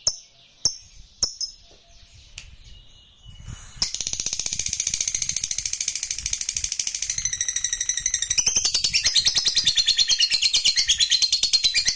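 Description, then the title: Lovebird starting with a handful of isolated sharp chirps, then launching into sustained fast chattering song, high twittering pulses growing louder toward the end. Fighter-type lovebird singing energetically (gacor). "SUARA Lovebird FIGHTER GACOR"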